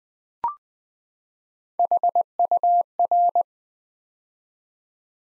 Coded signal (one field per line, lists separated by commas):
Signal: Morse code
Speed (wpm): 20 wpm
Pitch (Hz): 700 Hz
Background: none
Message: HUR